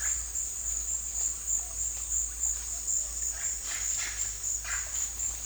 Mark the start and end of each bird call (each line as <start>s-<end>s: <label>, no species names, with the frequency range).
3.27s-4.87s: bird call (0.7-3.6 kHz)